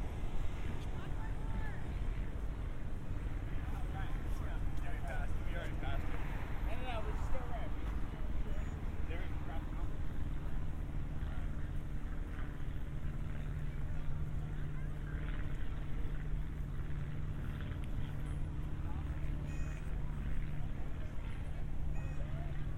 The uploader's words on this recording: Harbor to Apartment. A binaural recording of a walk from the San Diego County Admin Building to my apartment in Golden Hill.